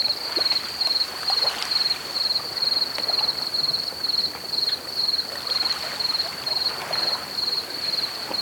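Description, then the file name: Cricket song, a high pulsed trill given in short bursts about twice each second, steady throughout, over a soft rushing background like running water. Recorded at Cala Tuent. "Grills a Cala Tuent"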